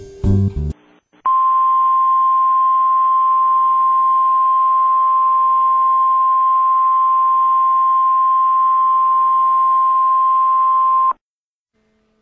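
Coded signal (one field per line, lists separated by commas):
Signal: Emergency Alert System (SAME) tones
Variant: 1050 Hz attention tone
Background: music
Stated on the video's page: Fictional EAS scenario of a nuclear attack.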